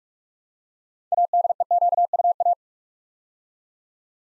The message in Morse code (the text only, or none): ADEQUA